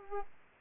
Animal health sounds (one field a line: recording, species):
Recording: mosquito wingbeat signal from an infrared sensor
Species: Culex pipiens